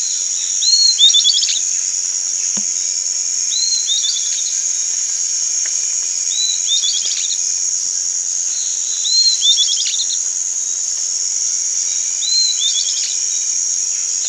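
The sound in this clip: Bird repeating a brief whistle-and-chatter phrase roughly every three seconds, about five times, while an unbroken high insect drone fills the background.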